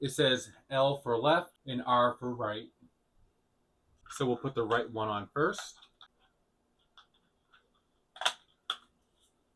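Someone talks while a right replacement ear cushion, marked L and R for left and right, is lined up on its grooves over the plastic earcup of a PlayStation Pulse 3D gaming headset. Then come quiet handling rustles and a few sharp taps near 8.2 and 8.7 seconds. Nothing has seated or clicked yet; the cushion is handled but not yet snapped into place.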